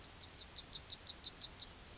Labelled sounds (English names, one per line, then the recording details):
Yellowhammer song
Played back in grassland
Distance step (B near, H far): E
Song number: 007